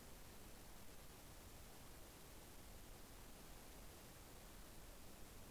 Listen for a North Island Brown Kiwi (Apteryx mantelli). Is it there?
no